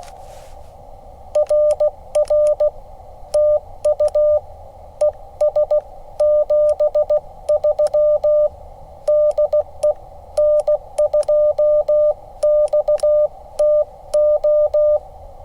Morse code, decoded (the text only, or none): RR TU ES 73 DE N2XTO